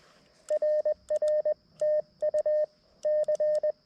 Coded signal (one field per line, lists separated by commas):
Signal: Morse code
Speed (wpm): 20 wpm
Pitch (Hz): 610 Hz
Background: none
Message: RR TU C